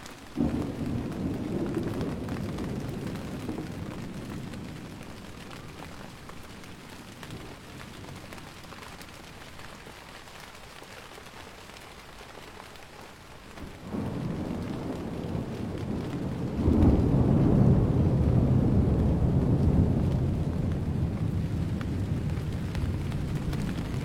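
A wild thunderstorm brought by a typhoon, heard as steady rain with deep rolling rumbles. Low thunder swells in the first few seconds, fades to a quieter wash of rain, then returns strongly around fourteen seconds and peaks near seventeen seconds before easing slightly.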